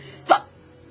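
A single short, voiced gulping hiccup, fairly soft, from an adult woman with ongoing hiccups that began when she got to work and are not very loud.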